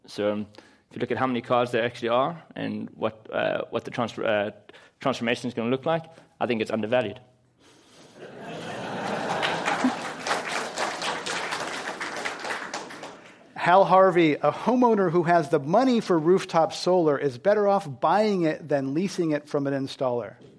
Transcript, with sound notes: So, if you look at how many cars there actually are and what the transformation is gonna look like, I think it’s undervalued.
[Laughter]
[Applause]
Hal Harvey, a homeowner who has the money for rooftop solar is better off buying it than leasing it from an installer.